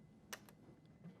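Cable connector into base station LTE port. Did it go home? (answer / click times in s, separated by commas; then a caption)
yes / 0.3 s. The other end of an IX cable is pushed into the LTE port on the back of an Ooma Connect base station. It gives a sharp click at 0.3 s, followed by a fainter tick at 0.5 s. The connector seats in the port.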